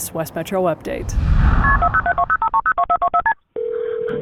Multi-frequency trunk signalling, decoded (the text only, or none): KP407205302424STP